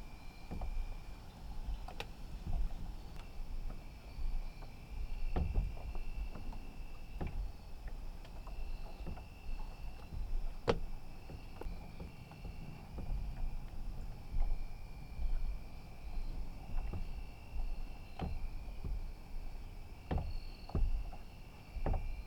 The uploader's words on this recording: Water Touching Gently A Small Dock at Night.